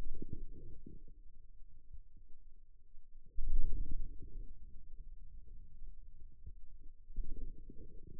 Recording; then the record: forearm muscle sounds (acoustic myography)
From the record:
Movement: wrist extension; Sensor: system 2, bracelet of six BSWA MPA416 microphones around the upper forearm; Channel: 5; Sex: male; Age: 22 years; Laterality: right